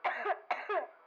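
Two short, sharp coughs about half a second apart, without rattle: a dry, unproductive cough in an adult.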